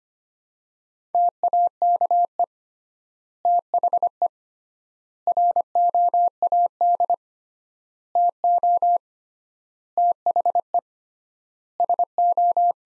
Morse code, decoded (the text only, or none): TAKE THE ROAD TO THE SO